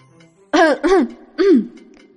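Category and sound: human body sound, dry cough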